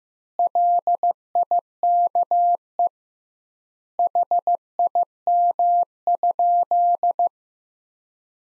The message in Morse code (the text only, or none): LIKE HIM?